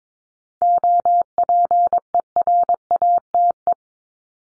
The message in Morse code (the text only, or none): OPERATE